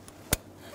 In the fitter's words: you're going to feel in here it snap into place